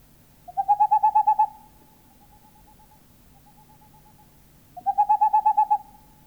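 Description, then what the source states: Tengmalm's owl delivering two rapid, steady runs of soft hooting notes, each run around a second long, with a long quiet interval between. Finnish field recording of countryside birds, released on cassette in Finland in 1988.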